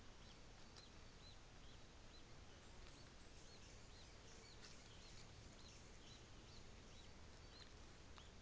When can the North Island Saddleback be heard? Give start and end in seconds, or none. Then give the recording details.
none. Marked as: faintness 5/5. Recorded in New Zealand on 24 December 2018. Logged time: 13:35